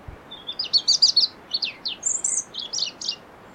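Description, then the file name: European robin song: a run of high, thin notes and quick trills delivered in an uneven string for about three seconds, with a faint low thump at the start. "Erithacus rubecula"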